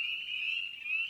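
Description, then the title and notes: Spring peepers calling together, a continuous high-pitched ringing of overlapping peeps without a break. Spring peeper song on an evening at a frog pond. "frog pond. evening. Spring Peeper (Pseudacris crucifer). by Ian Carlsen"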